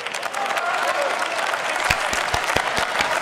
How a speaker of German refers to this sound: Scheiße, jetzt kriege ich ja noch von der falschen Seite Beifall.